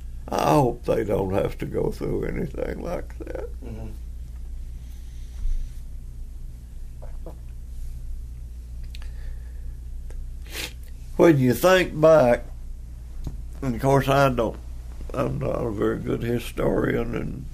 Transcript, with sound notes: I hope they don’t have to go through anything like that.
Mm-mm.
(Resumes normal voice) Well you think back, and of course I don’t, I’m not a very good historian and,